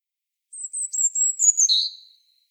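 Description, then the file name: European robin song, a thin sustained whistle, very high and wavering, slowly sliding lower before ending on a brief, fuller note. "Erithacus rubecula"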